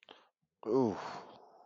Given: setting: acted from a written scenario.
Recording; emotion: vocal sound without words; desire